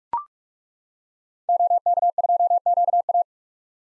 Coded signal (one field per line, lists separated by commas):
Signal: Morse code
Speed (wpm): 43 wpm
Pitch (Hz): 700 Hz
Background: none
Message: OK2QA